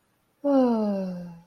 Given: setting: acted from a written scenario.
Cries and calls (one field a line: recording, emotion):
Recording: vocal sound without words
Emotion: serenity